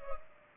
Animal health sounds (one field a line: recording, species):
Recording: mosquito wingbeat signal from an infrared sensor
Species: Culex pipiens